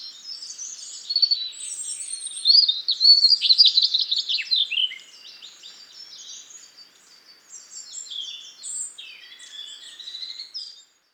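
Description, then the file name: European robin song, a long tumbling phrase of high trills and sharp warbles, loud at first, then softer scattered twittering notes toward the end. "Erithacus rubecula"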